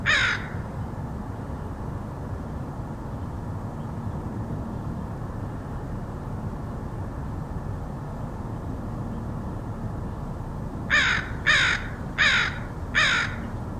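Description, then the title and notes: Crow caw at the start, then a long quiet stretch of low rumble before a run of four harsh caws at the end. Crows recorded in Portland, Oregon, August 2003. "Crows of Portland. Crows recorded by Dan Bodah in Portland, OR, August 2003"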